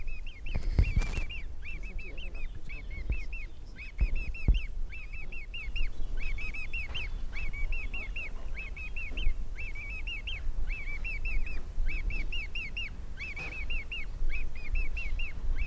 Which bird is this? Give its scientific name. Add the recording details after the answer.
Podiceps cristatus. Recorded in the wild. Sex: diverse. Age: diverse. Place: Marmorpalais am Heiligen See, Brandenburg, DE. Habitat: See. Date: 1997-09-03 12:23. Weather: 19°C, bedeckt. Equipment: Sony MD-WM MZ-R3, Sennheiser ME 80, K 30 AV, Kopie Uher 4000 Report Monitor. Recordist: Tembrock, Günter